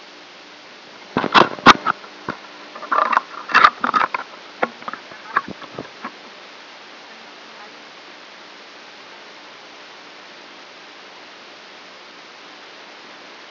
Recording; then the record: brain microelectrode recording played as sound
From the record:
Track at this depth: outside the subthalamic nucleus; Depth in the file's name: 8.228 mm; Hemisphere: left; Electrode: 2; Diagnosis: Parkinson's disease